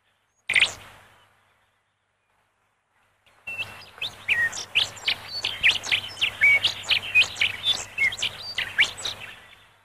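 Rufous songlark song: a single sharp note, a pause of about three seconds, then a rapid, varied run of high chirps and twittering notes lasting roughly six seconds, over a faint low hum.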